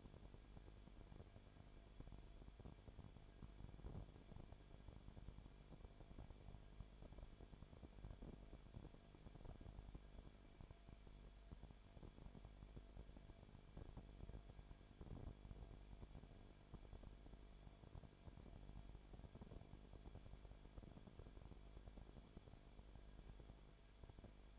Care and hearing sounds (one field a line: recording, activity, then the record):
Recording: daily activity, microphone in the room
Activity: no activity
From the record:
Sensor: 5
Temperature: 19.8 degrees Celsius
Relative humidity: 33.3%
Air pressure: 1001.4 hPa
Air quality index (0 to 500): 32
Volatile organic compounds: 1 ppm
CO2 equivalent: 526 ppm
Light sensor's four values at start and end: 2/3/1/1 and 2/3/1/1